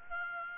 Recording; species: mosquito wingbeat signal from an infrared sensor; Aedes aegypti